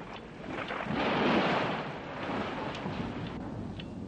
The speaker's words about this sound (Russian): На улице гроза.